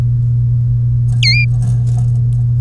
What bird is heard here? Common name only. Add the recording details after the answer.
Domestic Canary. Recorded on 3 May 2018 at 11:48. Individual llb3